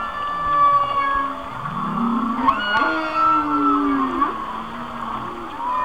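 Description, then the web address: Whale song: a low groan rising steeply into a long sweeping cry, with wavering high whistles and a couple of short clicks mixed in. "Natures Songs Whale Songs Whale Songs- Mike Mc Donald"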